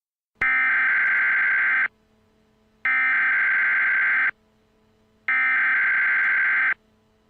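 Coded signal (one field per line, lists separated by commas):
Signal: Emergency Alert System (SAME) tones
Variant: header bursts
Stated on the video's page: Simulated EAS alert based on a TV episode, using real EAS tones made with PowerPoint, text-to-speech and Audacity.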